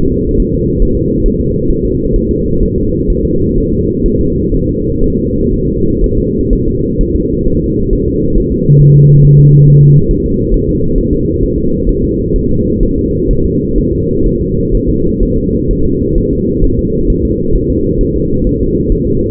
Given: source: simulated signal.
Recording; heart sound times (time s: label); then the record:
fetal heart sounds
0.12 s: S2
0.40 s: S1
0.55 s: S2
0.82 s: S1
0.97 s: S2
1.26 s: S1
1.41 s: S2
1.70 s: S1
1.85 s: S2
2.16 s: S1
2.31 s: S2
2.63 s: S1
2.78 s: S2
3.10 s: S1
3.25 s: S2
3.58 s: S1
3.72 s: S2
4.06 s: S1
4.20 s: S2
4.54 s: S1
4.69 s: S2
5.04 s: S1
5.18 s: S2
5.54 s: S1
5.68 s: S2
6.04 s: S1
6.18 s: S2
6.53 s: S1
6.68 s: S2
7.01 s: S1
7.16 s: S2
7.48 s: S1
7.62 s: S2
7.93 s: S1
8.08 s: S2
8.38 s: S1
8.52 s: S2
8.81 s: S1
8.96 s: S2
9.25 s: S1
9.40 s: S2
9.68 s: S1
9.83 s: S2
10.11 s: S1
10.26 s: S2
10.54 s: S1
10.69 s: S2
10.98 s: S1
11.13 s: S2
11.43 s: S1
11.58 s: S2
11.89 s: S1
12.04 s: S2
12.36 s: S1
12.51 s: S2
12.83 s: S1
12.98 s: S2
13.31 s: S1
13.45 s: S2
13.78 s: S1
13.93 s: S2
14.26 s: S1
14.41 s: S2
14.75 s: S1
14.89 s: S2
15.23 s: S1
15.38 s: S2
15.71 s: S1
15.85 s: S2
16.18 s: S1
16.33 s: S2
16.64 s: S1
16.79 s: S2
17.10 s: S1
17.25 s: S2
17.55 s: S1
17.70 s: S2
18.01 s: S1
18.16 s: S2
18.47 s: S1
18.61 s: S2
18.92 s: S1
19.07 s: S2
From the record:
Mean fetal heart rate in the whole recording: 130 bpm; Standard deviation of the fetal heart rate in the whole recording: 4 bpm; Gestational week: 38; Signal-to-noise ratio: -15.3 dB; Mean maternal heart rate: 72 bpm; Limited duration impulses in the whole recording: present